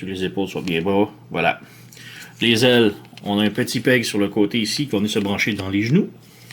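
Someone talks while handling a figure's plastic wing, lining up the small side peg to plug into the figure's knee. Two brief faint ticks sound near the end, at about 6.5 and 6.6 seconds. The clip ends before the part goes home, and nothing has seated or clicked yet.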